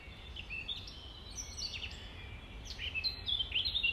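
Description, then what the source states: Nightingale song building from soft scattered chirps into louder whistled, buzzy notes toward the end, over a low rumble. Recorded at dawn, 05:33, on 5 May 2020.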